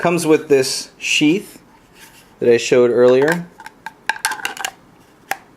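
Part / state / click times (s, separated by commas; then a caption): fixed-blade knife into its plastic sheath / seated / 5.3 s. A Mora 511 fixed-blade knife is slid into its molded plastic sheath while someone talks. A few light scrapes and taps follow between about 3.9 and 4.7 seconds, then a sharp click at 5.3 seconds as the knife seats and locks in place.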